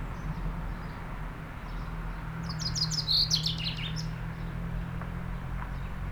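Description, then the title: Common chaffinch song, a quick run of bright descending notes ending in a flourish, heard once midway over a steady low rumble. Singing in a tree while preening, in Aix-les-Bains, France. "30 Rue Eugène Fert, 73100 Aix-les-Bains, France - Pinson des arbres"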